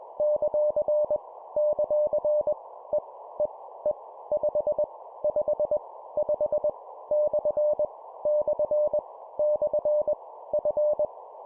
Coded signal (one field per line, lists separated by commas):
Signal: Morse code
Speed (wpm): 21 wpm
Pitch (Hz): 600 Hz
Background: none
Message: ; ; E E E 5 5 5 / / / F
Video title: 20wpm Repeat three times Random Letter Number Punctuation, cw morse code practice